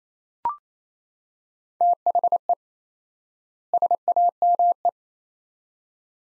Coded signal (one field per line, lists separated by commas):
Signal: Morse code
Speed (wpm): 27 wpm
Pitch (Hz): 700 Hz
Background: none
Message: THE SAME